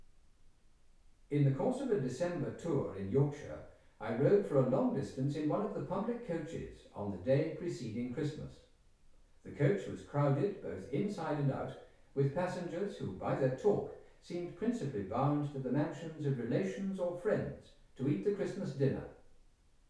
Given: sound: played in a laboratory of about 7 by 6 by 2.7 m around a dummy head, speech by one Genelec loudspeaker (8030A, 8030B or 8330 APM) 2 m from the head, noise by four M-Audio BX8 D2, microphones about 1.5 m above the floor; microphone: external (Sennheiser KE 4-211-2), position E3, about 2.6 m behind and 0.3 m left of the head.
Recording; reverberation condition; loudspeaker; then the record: male speech in English; medium; 90 degrees to the left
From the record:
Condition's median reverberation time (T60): about 510 ms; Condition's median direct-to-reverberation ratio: about -0.5 dB